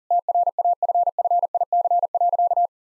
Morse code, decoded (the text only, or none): TRAFFIC.